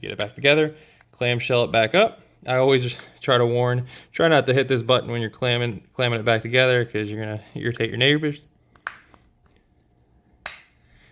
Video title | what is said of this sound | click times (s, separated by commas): How to Replace Kia K5 GT Key Fob Battery | your series of audible clicks that's when you know you're all done | 8.9 s, 10.5 s